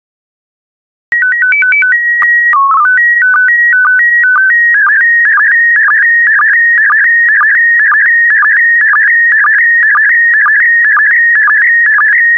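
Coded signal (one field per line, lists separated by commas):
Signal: SSTV (slow-scan television)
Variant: PD120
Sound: steady calibration tones and chirpy header, then warbling whistle with regular low blips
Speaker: complete you can now check your decoded image against the picture that is shown on the video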